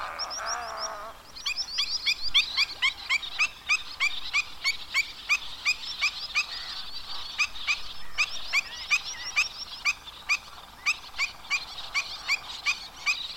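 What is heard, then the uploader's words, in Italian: Birdsong at the pond at Cabras: a lower, rougher call opens the first second, then a dense, bright chatter of chirps takes over and runs without pause. Sharp, loud chips punctuate it at a quick, fairly regular pace throughout, with almost nothing low underneath. Lo Stagno – Cabras.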